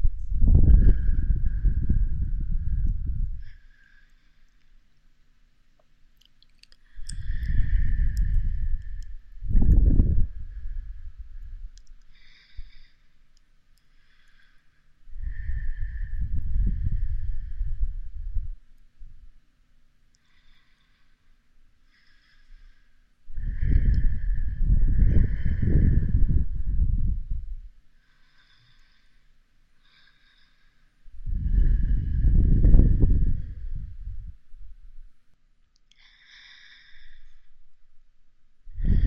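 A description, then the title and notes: Slow breaths blown toward the ear arrive as soft, low rushing puffs, each lasting a few seconds, about every five to eight seconds. Quiet pauses separate them, with faint clicks and a thin, high whistly tone drifting through the gaps. Ear Blowing & Breathing. 吐息．呼氣.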